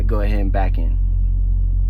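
Someone talks over a steady low engine rumble as a driver prepares to back a tractor under a loaded trailer so the fifth wheel's steel locking jaws and safety latch can close around the trailer kingpin. Nothing has locked or clicked yet.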